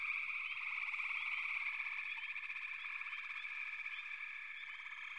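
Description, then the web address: Many frogs croak and trill together in an unbroken chorus, rapid pulsing notes under scattered short rising chirps. "Sounds of Nature Collection. Froggies"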